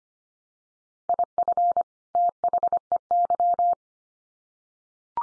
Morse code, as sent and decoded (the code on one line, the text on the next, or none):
.. ..-. / - .... . -.--
IF THEY